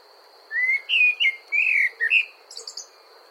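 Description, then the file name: Common blackbird song of rich, rolling whistled notes, closing with a soft, high, thin twittering flourish; an unbroken high tone in the background. "Turdus merula"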